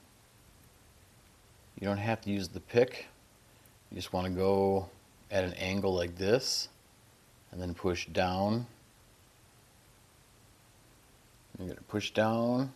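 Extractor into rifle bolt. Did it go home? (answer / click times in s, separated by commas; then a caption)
no / none. Someone talks while a new Volquartsen Exact Edge extractor is lined up at an angle against the bolt of a Smith & Wesson M&P 15-22 rifle, without using a pick, before being pushed down into place. Nothing has seated or clicked yet.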